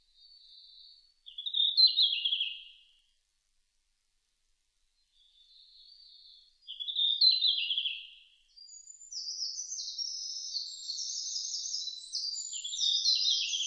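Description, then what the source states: Red-flanked bluetail giving short, high, twittering phrases separated by silences, followed by a longer, sustained stretch of jingling, high-pitched notes. Recorded 5 June 2005.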